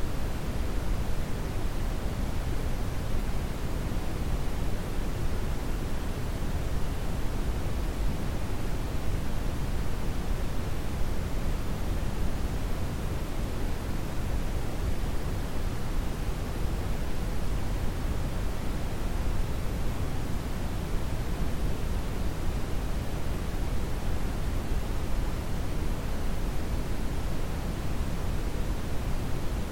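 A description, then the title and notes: Brown noise plays as a steady, dense rush that never changes over the full half minute. It is weighted heavily toward the low end, a deep rumbling hiss with the bright top much softer, and the level stays flat throughout with no separate events. Extended Brown Noise.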